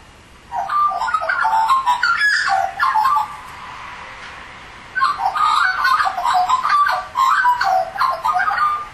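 Australian magpie warbling: two long bursts of rich, fluting notes with wavering pitch, separated by a quiet pause of nearly two seconds.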